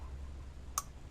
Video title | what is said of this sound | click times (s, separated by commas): Give me 10 minutes and I will have you fixing P0190-3 DTC code issues on your Mustang in no time | click you heard that | 0.8 s